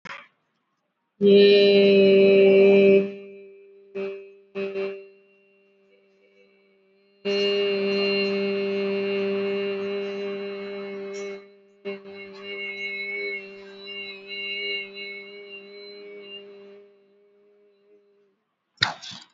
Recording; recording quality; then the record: sustained vowel as in made; excellent, no background noise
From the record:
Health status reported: healthy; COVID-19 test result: not tested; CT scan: not taken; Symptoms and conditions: cough, fever, muscle pain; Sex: female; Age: 46 years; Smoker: no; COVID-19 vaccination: both doses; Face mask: worn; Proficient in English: yes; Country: India